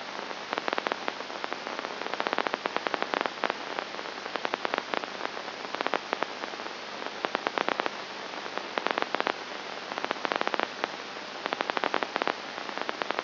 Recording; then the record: brain microelectrode recording played as sound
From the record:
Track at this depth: outside the subthalamic nucleus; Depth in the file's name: 0.109 mm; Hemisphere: left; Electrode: 2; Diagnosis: Parkinson's disease